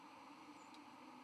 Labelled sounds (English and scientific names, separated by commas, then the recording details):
White-throated Sparrow (Zonotrichia albicollis) flight call
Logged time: 09:40 on 31 October 2014